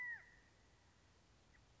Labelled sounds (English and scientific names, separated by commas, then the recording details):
California Quail (Callipepla californica)
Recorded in Sonoma County, California